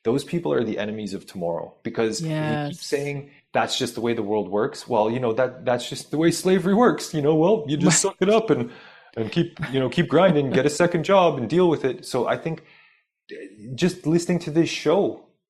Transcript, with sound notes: those people are the enemies of tomorrow. Because-
Yes.
... if you keep saying, "That's just the way the world works," well, you know, that, that's just the way slavery works. You know? Well, you just suck it up and, and keep, you know, keep grinding.
(laughs)
Get a second job and deal with it. So, I think just listening to this show